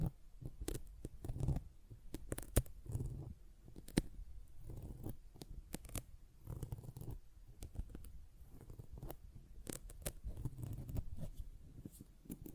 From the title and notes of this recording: Sponge Sounds - Scratching, Squishing, Brushing, Cutting.